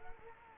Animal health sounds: mosquito wingbeat signal from an infrared sensor; Culex quinquefasciatus

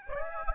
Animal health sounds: mosquito wingbeat signal from an infrared sensor; Aedes albopictus

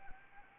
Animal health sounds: mosquito wingbeat signal from an infrared sensor; Anopheles arabiensis

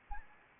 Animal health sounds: mosquito wingbeat signal from an infrared sensor; Anopheles arabiensis

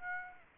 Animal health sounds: mosquito wingbeat signal from an infrared sensor; Aedes aegypti

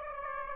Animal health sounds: mosquito wingbeat signal from an infrared sensor; Aedes aegypti

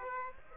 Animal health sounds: mosquito wingbeat signal from an infrared sensor; Aedes aegypti

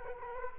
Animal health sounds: mosquito wingbeat signal from an infrared sensor; Culex quinquefasciatus

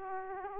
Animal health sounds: mosquito wingbeat signal from an infrared sensor; Aedes aegypti

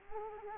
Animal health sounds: mosquito wingbeat signal from an infrared sensor; Culex quinquefasciatus

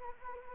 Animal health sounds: mosquito wingbeat signal from an infrared sensor; Anopheles gambiae

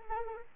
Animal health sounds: mosquito wingbeat signal from an infrared sensor; Anopheles arabiensis

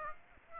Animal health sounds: mosquito wingbeat signal from an infrared sensor; Aedes aegypti

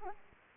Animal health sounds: mosquito wingbeat signal from an infrared sensor; Anopheles arabiensis

